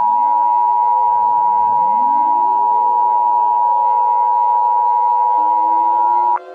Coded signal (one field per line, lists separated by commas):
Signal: Emergency Alert System (SAME) tones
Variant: 853 and 960 Hz attention tone